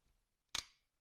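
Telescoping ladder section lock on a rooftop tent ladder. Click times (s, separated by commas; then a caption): 0.5 s. A 23Zero rooftop tent telescoping ladder is extended one more half-step, and the section's locking pin snaps into place with a single sharp, bright click at 0.6 s, followed by a brief fading ring in otherwise near silence. The ladder section is now firm and locked in position.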